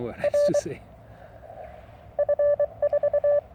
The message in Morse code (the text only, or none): R F4